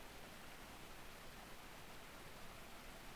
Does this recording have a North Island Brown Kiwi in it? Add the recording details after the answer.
no. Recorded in New Zealand on 7 November 2014. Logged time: 22:14. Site CJ68